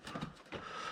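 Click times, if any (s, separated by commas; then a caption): none. A dash part with small side clips and brackets is handled and pushed toward the dashboard, giving short scraping and rubbing handling noises that grow louder about halfway through. Nothing has seated or popped in yet.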